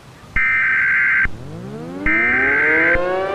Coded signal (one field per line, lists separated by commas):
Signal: Emergency Alert System (SAME) tones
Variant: header bursts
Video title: Earth's rapid Axis Speedup - An EAS Mini Scenario